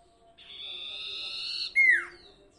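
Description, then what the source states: Sirtu song: a single drawn-out harsh, buzzy note that snaps into a clear whistle sliding steeply downward. Training song for cage birds, full song variation.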